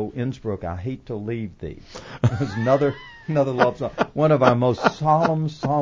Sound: laughs